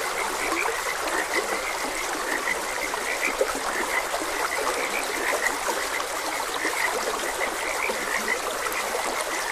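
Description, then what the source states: Frogs: a steady chorus of croaks without pause, over the even hiss of running water. Frogs croaking beside a gentle stream.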